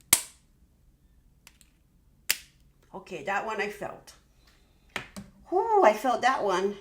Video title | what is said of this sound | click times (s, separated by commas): Tirzepatide Weight Loss RESULTS Week 17! - October 26, 2025 | Hold down for 10 seconds until you hear the second click. | 0.1 s, 2.3 s